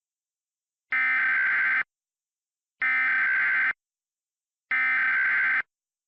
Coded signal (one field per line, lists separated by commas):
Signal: Emergency Alert System (SAME) tones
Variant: header bursts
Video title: Emergency Action Notification: Request an EAS Mock!